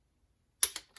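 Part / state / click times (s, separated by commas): torque wrench tightening a spark plug into a cylinder head / torque reached / 0.6 s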